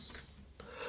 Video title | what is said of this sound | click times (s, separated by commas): Gamo Maxxim Swarm 10X Gen 2 ( Roadster & Speedster) | with the indicator towards you it will then click into place with that reassuring click | 0.6 s